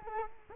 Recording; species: mosquito wingbeat signal from an infrared sensor; Culex quinquefasciatus